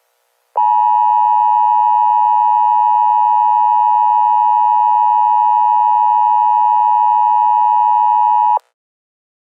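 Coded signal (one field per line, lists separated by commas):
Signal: Emergency Alert System (SAME) tones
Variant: 853 and 960 Hz attention tone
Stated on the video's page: Comedic fictional EAS alert about an evil jack-o-lantern.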